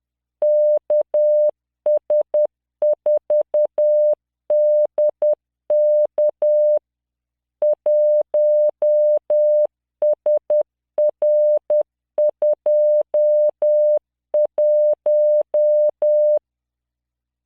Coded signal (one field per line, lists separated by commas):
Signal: Morse code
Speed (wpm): 10 wpm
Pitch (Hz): 600 Hz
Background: none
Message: KS4DK 1SR21